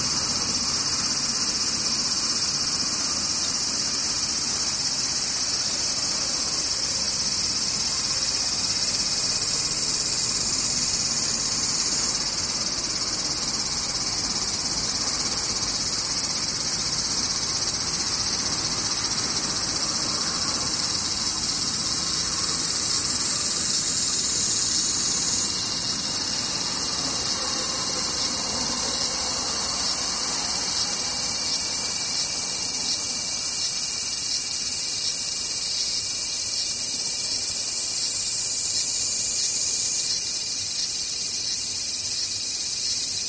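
Cicadas drone steadily and densely in a high, shrill band, with a slight pitch shift every dozen seconds or so, and no other sounds.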